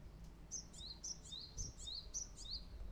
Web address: Parus minor song